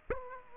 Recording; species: mosquito wingbeat signal from an infrared sensor; Aedes aegypti